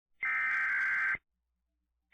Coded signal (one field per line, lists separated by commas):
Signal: Emergency Alert System (SAME) tones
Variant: header bursts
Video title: EAS MOCK - When Winter Takes It's Course